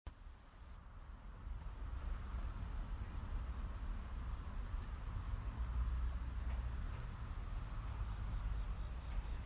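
Cricket chirps: short high pulses repeating at uneven intervals above a continuous thin high tone, with steady low rumbling noise underneath.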